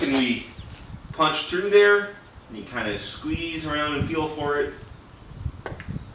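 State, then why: Released. A punch or screwdriver is pushed through the middle of the seal in a VW transaxle side cover and worked around to lever it out while someone talks. Two sharp snaps at 5.7 s and 5.8 s mark the seal popping right out and coming free.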